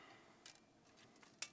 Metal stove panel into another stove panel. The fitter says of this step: okay so this is locked into place and now you have